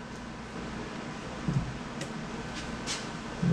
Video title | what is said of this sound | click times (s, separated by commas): 1996 Honda z50r Motor Assembly pt 2 | sure it's in the groove and I heard it click all right so that's good | 2.0 s